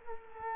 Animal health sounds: mosquito wingbeat signal from an infrared sensor; Culex quinquefasciatus

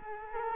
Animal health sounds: mosquito wingbeat signal from an infrared sensor; Culex quinquefasciatus

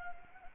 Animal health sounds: mosquito wingbeat signal from an infrared sensor; Anopheles arabiensis

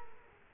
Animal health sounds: mosquito wingbeat signal from an infrared sensor; Culex quinquefasciatus

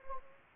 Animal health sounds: mosquito wingbeat signal from an infrared sensor; Anopheles gambiae

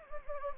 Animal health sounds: mosquito wingbeat signal from an infrared sensor; Anopheles gambiae

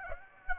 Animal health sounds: mosquito wingbeat signal from an infrared sensor; Aedes aegypti

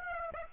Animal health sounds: mosquito wingbeat signal from an infrared sensor; Aedes aegypti

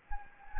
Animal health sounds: mosquito wingbeat signal from an infrared sensor; Anopheles gambiae

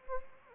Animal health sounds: mosquito wingbeat signal from an infrared sensor; Anopheles gambiae

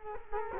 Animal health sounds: mosquito wingbeat signal from an infrared sensor; Culex quinquefasciatus

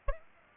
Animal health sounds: mosquito wingbeat signal from an infrared sensor; Aedes aegypti

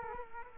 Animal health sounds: mosquito wingbeat signal from an infrared sensor; Culex quinquefasciatus

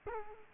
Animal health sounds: mosquito wingbeat signal from an infrared sensor; Culex quinquefasciatus

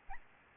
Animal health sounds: mosquito wingbeat signal from an infrared sensor; Aedes albopictus

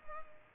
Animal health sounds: mosquito wingbeat signal from an infrared sensor; Culex pipiens

